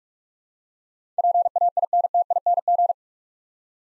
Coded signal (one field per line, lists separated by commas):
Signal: Morse code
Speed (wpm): 47 wpm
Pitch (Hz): 700 Hz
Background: none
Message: PAINTING